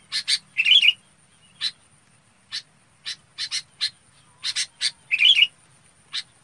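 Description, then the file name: Red-whiskered bulbul calls: sharp chirps spaced irregularly, two richer bubbling whistle phrases, and a faint steady high whine across the recording. Chào mào bông calling to gather the flock. "Tieng chao mao bong goi bay"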